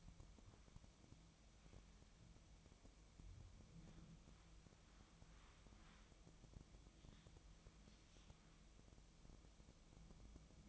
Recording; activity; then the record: daily activity, microphone in the room; wipe stove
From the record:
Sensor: 1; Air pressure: 1004.8 hPa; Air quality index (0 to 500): 81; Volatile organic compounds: 2 ppm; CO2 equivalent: 1088 ppm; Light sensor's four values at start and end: 9/23/9/10 and 9/23/9/10